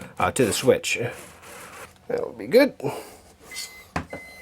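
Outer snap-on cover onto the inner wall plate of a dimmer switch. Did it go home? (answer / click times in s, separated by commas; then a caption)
yes / 4.0 s. Someone talks while the plastic outer cover of a screwless Lutron Claro wall plate is pressed onto the inner plate already screwed to a Lutron Diva smart dimmer switch (ELV+). A sharp, short snap at 3.96 s shows the cover has snapped into place.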